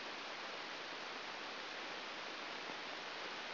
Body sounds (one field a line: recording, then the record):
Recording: brain microelectrode recording played as sound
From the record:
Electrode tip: outside the subthalamic nucleus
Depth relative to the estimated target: -3 mm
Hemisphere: right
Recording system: AlphaMap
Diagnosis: Parkinson's disease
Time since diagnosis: 7 years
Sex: female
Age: 49 years